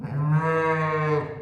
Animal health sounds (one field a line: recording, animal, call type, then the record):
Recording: contact call of a hoofed animal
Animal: sheep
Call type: low-frequency (closed-mouth) or high-frequency (open-mouth) call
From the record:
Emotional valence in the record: negative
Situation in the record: short social isolation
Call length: 1.42 s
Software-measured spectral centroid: 1320 Hz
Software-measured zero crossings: 1250 a second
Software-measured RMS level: -24 dBFS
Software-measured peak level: -12 dBFS